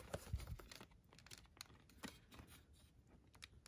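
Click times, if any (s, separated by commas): none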